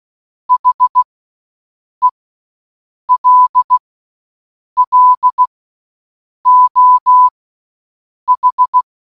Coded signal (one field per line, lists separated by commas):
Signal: Morse code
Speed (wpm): 16 wpm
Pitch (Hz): 1000 Hz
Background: none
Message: HELLO H